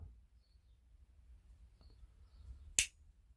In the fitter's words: Nice click into the open position.